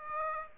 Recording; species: mosquito wingbeat signal from an infrared sensor; Aedes aegypti